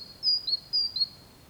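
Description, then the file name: Great tit sounding two quick seesaw phrases, a high piercing note dropping to a slightly lower one, against faint background hiss. "Parus major"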